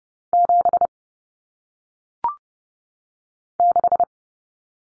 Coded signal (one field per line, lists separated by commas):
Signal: Morse code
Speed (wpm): 30 wpm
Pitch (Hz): 700 Hz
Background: none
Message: 7 6